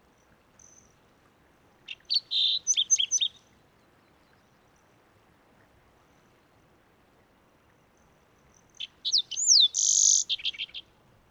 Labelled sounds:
Green-tailed Towhee (Pipilo chlorurus) song
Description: Green-tailed Towhee song recorded on the Cub Lake Trail in Rocky Mountain National Park
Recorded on 29 May 2017

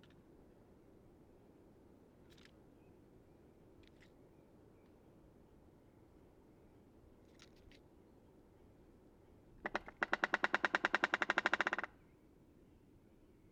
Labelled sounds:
American Three-toed Woodpecker (Picoides dorsalis) drumming
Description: American Three-toed Woodpecker drum recorded at the Beaver Ponds in Rocky Mountain National Park
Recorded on 30 May 2017

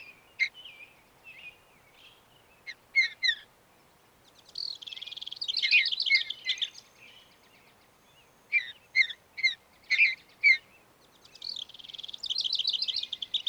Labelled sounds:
Mountain Bluebird (Sialia currucoides) song
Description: Mountain Bluebird song recorded in Moraine Park in Rocky Mountain National Park
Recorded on 29 May 2017

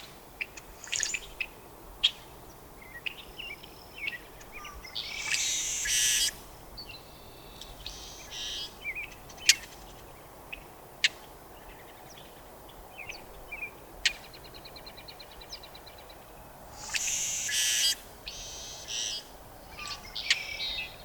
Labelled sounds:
Brewer's Blackbird (Euphagus cyanocephalus)
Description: Brewer's Blackbird song and call recorded in Moraine Park in Rocky Mountain National Park
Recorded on 18 May 2016

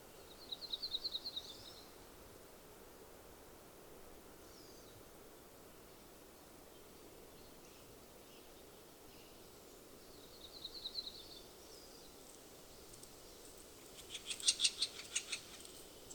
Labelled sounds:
Williamson's Sapsucker (Sphyrapicus thyroideus) drumming
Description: Williamson's Sapsucker drum recorded at Hollowell Park in Rocky Mountain National Park
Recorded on 30 June 2015

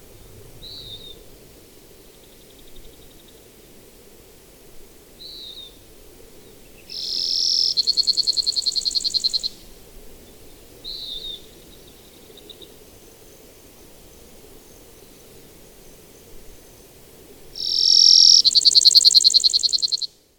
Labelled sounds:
Brewer's Sparrow (Spizella breweri) song
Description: Brewer's Sparrow song recorded in Upper Beaver Meadows in Rocky Mountain National Park
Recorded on 24 June 2015

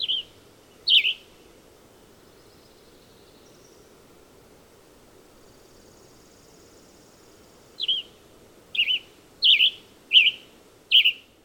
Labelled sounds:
Western Tanager (Piranga ludoviciana) song
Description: Western Tanager song recorded at Hollowell Park in Rocky Mountain National Park
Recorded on 30 June 2015

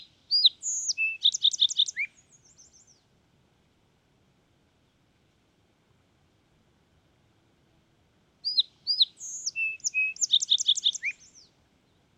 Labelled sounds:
Song Sparrow (Melospiza melodia) song
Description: Song Sparrow song recorded at Hollowell Park in Rocky Mountain National Park
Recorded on 6 June 2017

